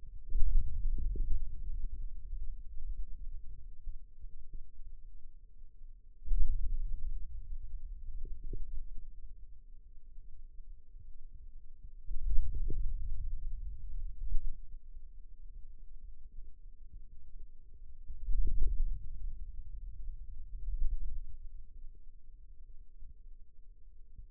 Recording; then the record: forearm muscle sounds (acoustic myography)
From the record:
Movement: hand opening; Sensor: system 2, bracelet of six BSWA MPA416 microphones around the upper forearm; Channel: 2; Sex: male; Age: 22 years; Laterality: right